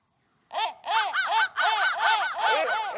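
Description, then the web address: Crow giving a quick series of several harsh, arched caws after a brief silent start. "soundfactory crow"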